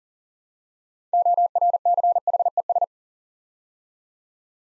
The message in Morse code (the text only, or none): ORCHES